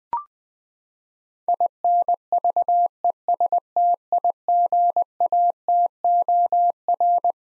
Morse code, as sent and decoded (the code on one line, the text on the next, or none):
.. -. ...- . ... - .. --. .- - --- .-.
INVESTIGATOR